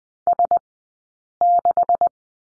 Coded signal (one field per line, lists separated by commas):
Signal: Morse code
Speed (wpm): 20 wpm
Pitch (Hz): 700 Hz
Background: none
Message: S6